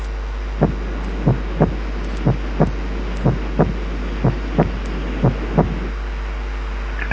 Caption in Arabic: في الشخص الطبيعي السكند ساوند بتكون الانتنسيتي بتاعته اعلى ها من الفيرست.